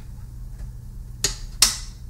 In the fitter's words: then we're gonna pop that out really quick just like